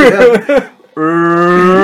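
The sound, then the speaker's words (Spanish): A pig sound effect: two short, wavering voiced calls, a brief pause, then one long, steady, drawn-out call held at an even pitch and loudness until the end. “Es un chancho del chepopete, güey.”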